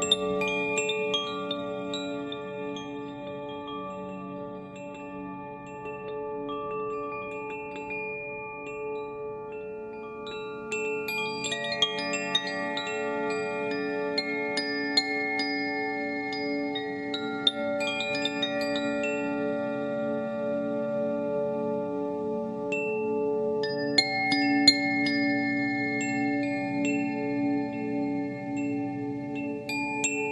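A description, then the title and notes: Wave chimes ring in long overlapping sustained tones, with clusters of bright tinkling strikes around 11–19 seconds and again near 24–27 seconds. Wave chimes.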